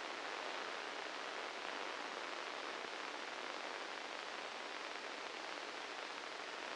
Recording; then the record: brain microelectrode recording played as sound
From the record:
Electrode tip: inside the subthalamic nucleus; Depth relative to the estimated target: 2 mm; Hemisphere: left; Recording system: NeuroSet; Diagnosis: Parkinson's disease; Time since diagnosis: 9 years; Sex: male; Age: 61 years